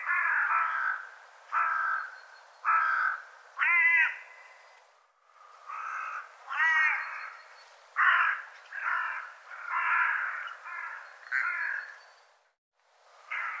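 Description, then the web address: Bird calls: a long series of harsh, throaty notes at an uneven pace, with brief silent gaps between bursts. "cianscape birddata"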